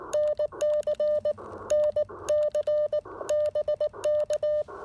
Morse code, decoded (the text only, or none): NC NC BK